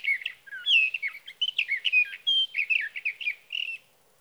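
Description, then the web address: Sage thrasher song, a long, rapid, run-on warble of varied whistled and burry phrases, continuous for about four seconds, with no other sounds. "birdsongforthecurious Sage Thrasher"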